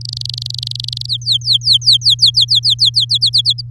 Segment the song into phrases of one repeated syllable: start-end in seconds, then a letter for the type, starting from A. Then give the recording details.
0.01-1.06 A, 1.08-3.05 B, 3.09-3.61 C. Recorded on 7 May 2018 at 16:02. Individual llb16